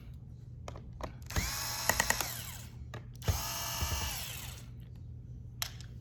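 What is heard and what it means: A power screwdriver unscrews a small bottom-panel screw from a Lenovo Yoga 11e Gen 5 laptop's bottom case to reach the trackpad for replacement. Two bursts of high, whirring motor noise are heard, and during the first a quick run of evenly spaced clicks sounds at 1.9, 2.0, 2.1 and 2.2 seconds. The clicking shows the screw has come loose and is released.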